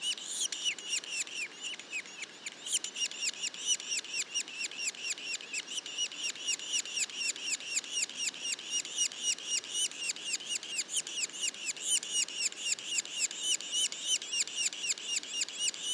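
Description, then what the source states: Yellow-bellied sapsucker calls: rapid, steady series of squeaky, arched high notes, about four per second, running continuously with harmonics stacked above. Juveniles, recorded in Mont-Orford National Park, Quebec.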